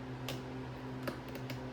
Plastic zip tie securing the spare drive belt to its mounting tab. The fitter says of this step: Listen for the clicks. There's a few there.